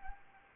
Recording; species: mosquito wingbeat signal from an infrared sensor; Anopheles arabiensis